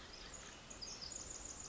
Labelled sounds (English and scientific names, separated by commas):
Pacific Wren (Troglodytes pacificus)